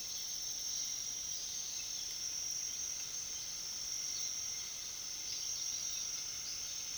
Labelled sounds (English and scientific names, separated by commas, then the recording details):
none
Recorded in pastures near Puerto Asís, Putumayo, Colombia, on 21 February 2024 at 06:30
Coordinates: 0.497, -76.327
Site G7276